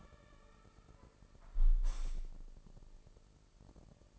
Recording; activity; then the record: daily activity, microphone in the room; close window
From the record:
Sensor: 5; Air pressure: 999.9 hPa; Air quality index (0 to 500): 246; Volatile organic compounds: 33 ppm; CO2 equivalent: 3019 ppm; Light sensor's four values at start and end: 34/80/32/31 and 34/80/32/31